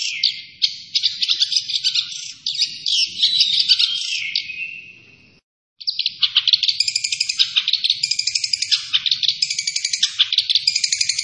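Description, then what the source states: Long-tailed shrike singing a dense, scratchy chatter of high notes, fading into a brief silence before resuming just as rapidly. Named by the Indonesian local name cendet; described as gacor, meaning the bird is singing actively.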